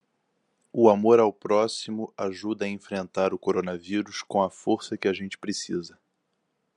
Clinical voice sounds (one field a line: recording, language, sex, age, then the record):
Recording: spoken sentence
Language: Brazilian Portuguese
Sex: male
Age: 20 to 29 years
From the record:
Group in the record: control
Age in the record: 26 years